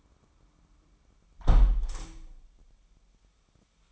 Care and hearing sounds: daily activity, microphone in the room; close window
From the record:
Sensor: 1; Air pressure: 998.6 hPa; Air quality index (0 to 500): 124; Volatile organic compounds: 3 ppm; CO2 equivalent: 1481 ppm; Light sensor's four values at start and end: 8/19/8/9 and 7/18/7/9

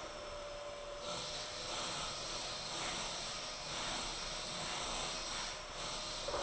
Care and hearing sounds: daily activity, microphone in the room; vacuum cleaning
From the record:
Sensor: 5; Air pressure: 999.4 hPa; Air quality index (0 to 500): 226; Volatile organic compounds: 23 ppm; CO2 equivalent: 2768 ppm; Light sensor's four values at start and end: 34/79/32/30 and 34/79/32/30

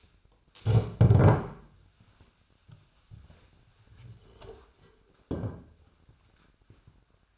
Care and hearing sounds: daily activity, microphone in the room; stand up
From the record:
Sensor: 2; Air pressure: 1007.6 hPa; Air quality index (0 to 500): 180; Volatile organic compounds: 10 ppm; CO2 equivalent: 2216 ppm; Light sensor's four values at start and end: 9/23/9/10 and 10/23/9/10

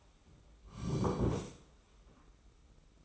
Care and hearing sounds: daily activity, microphone in the room; sit down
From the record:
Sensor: 1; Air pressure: 991.6 hPa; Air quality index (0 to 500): 162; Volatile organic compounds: 1000 ppm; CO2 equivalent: 6073 ppm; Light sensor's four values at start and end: 30/101/39/40 and 31/103/40/41

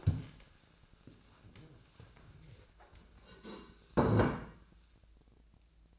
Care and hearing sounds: daily activity, microphone in the room; stand up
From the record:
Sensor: 2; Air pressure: 1000.3 hPa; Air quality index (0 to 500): 162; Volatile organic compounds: 3 ppm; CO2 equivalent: 1344 ppm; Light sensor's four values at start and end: 8/19/8/9 and 9/18/8/9

